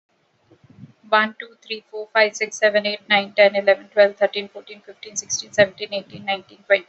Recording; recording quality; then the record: counting at a fast pace; excellent, no background noise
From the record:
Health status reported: healthy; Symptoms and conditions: none ticked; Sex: female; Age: 47 years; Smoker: not ticked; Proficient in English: yes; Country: India